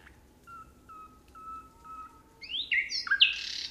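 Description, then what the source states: Common nightingale song: four soft, pure whistles on one pitch, spaced about half a second apart, swelling into a loud burst of rich, chattering notes at the end. 26 June.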